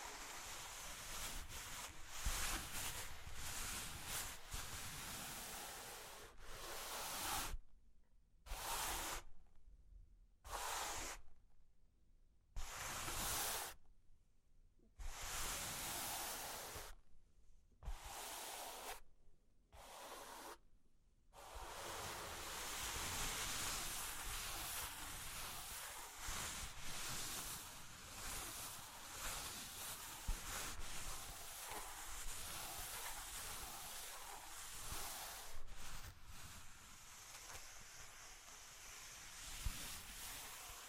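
Cork and wood being scratched and traced, giving a dense, hissing rasp with frequent small taps and clicks. Between about 7 and 21 seconds the rubbing stops and starts in short strokes separated by brief silences, then continues as a steadier, unbroken scraping to the end.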